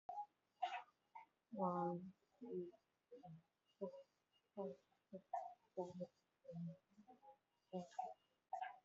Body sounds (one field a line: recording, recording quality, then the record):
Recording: counting at a fast pace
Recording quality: poor, much background noise or distortion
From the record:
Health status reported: COVID-19 positive, moderate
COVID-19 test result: positive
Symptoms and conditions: cough, cold, fever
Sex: male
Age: 34 years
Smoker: not ticked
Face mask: worn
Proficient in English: no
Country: India